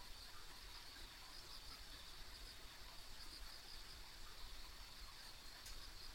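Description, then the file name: Insects giving short, high chirps at irregular intervals over a continuous chorus, with one sharp click near the end and low background rumble. Ambient insect sounds on a country road. "田舎道の虫の環境音"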